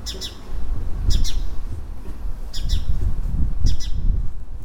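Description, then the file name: House sparrow chirping, four doubled chirps spaced roughly a second apart against a low background rumble. "Passer domesticus"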